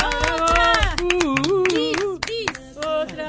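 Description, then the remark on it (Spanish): Applause breaks out on the radio station FM Moreno, a dense patter of hand claps that is loudest in the first second, mixed with sustained, pitched voices that rise and fall like cheering over the clapping, with calls of "Bravo" and "Otra". “Un aplauso. ¡Bravo! ¡Bravo! ¡Otra! ¡Otra!”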